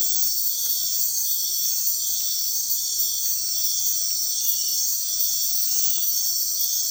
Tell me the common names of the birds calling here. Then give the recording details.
none. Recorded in dense forest near Puerto Asís, Putumayo, Colombia, on 20 February 2024 at 03:30. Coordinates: 0.496, -76.326. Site G6383